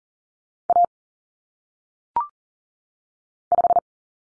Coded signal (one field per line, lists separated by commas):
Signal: Morse code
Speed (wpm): 40 wpm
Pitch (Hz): 700 Hz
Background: none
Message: A 5